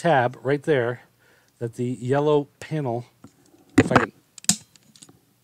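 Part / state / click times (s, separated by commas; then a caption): yellow plastic panel tab into the toy robot body / seated / 4.5 s. During transformation of a morphing robot blaster toy, a yellow plastic panel is pushed until its small tab locks into the toy robot body, seating in place. Someone talks first, then a few light plastic clicks lead to a sharp snap at 4.5 s, followed by faint ticks.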